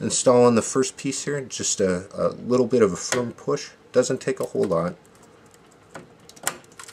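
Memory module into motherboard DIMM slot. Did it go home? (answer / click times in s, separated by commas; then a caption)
partly / 6.5 s. A RAM memory module is pressed with a firm push into a motherboard DIMM slot while someone talks for the first five seconds, followed by a few faint ticks. One retaining clip snaps with a sharp click at 6.5 s. The module is seated on that side only, and the other side is not fully in yet.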